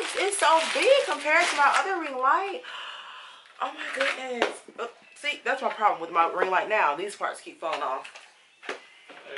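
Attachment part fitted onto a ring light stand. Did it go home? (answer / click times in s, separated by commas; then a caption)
yes / 8.7 s, 9.4 s. Someone talks while fitting an attachment part onto the stand of a new 19-inch ring light, compared with an older ring light whose parts keep falling off. Two short sharp hits follow at 8.7 s and 9.4 s, and one of them is the part snapping into place, seated.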